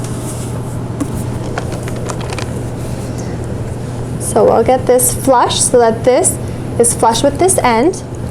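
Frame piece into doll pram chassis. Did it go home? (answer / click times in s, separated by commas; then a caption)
no / none. A frame piece is handled and lined up flush with the end of a Badger Basket 55564 London doll pram chassis, making small sharp taps and ticks between about 1.0 and 2.4 seconds over a steady low hum. From about 4.4 seconds someone talks. Nothing has seated or clicked into place yet.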